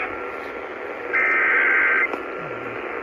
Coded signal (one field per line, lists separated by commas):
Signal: Emergency Alert System (SAME) tones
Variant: header bursts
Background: speech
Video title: KDKA FFW EAS-628